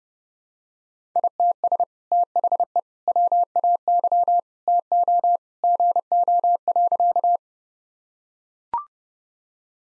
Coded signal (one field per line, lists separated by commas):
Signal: Morse code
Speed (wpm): 30 wpm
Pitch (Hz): 700 Hz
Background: none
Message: ITS THE WAY TO GO.